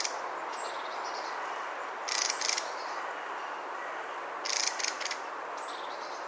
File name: mistle